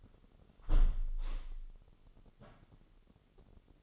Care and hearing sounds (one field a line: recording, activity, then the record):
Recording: daily activity, microphone in the room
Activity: close window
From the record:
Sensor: 4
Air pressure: 996.5 hPa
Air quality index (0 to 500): 86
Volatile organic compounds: 4 ppm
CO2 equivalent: 1663 ppm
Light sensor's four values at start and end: 20/53/20/22 and 19/53/20/22